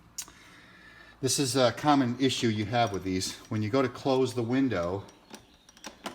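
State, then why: Stripped. A casement window's crank handle is turned to close the window, and the worn operator gear slips with a rapid series of small ticks instead of driving the arm. Someone talks, then the ticks come at 5.7, 5.8, 5.9 and 6.1 seconds. The gear is stripped and keeps slipping.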